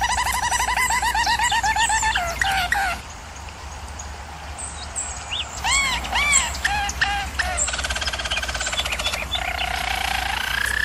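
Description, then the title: German Roller canary song in broken phrases: quick looping notes, a quieter pause, then upswept notes and fast rattling trills. Canary training recording of singing. "German Roller Canary Singing - Canary Training Vid"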